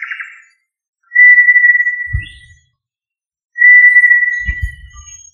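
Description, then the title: Tinamou giving long, pure, level whistles, two steady notes each lasting over a second, with a few soft low thumps during each. "Familia Tinamidae - Quail - Puyuh"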